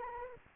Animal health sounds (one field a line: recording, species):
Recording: mosquito wingbeat signal from an infrared sensor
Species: Anopheles arabiensis